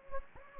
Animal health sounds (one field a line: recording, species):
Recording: mosquito wingbeat signal from an infrared sensor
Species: Anopheles gambiae